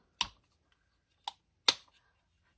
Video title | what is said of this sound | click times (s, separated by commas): Some Diamond Painting Accessories from Newcraftday | it's nice satisfying click isn't it | 0.2 s, 1.3 s, 1.7 s